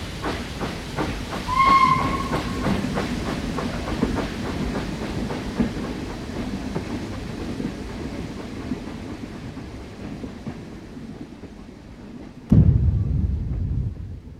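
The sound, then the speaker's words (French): A train rolls along the rails with a steady low rumble and regular clacking, a brief whistle-like tone near the start, then fades before a sudden loud thump and renewed rumble at the end. “Alors je monte précipitamment dans le train, au hasard.”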